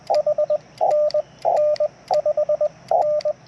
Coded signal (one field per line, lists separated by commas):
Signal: Morse code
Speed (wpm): 20 wpm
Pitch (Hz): 600 Hz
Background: radio noise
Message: HNN 5N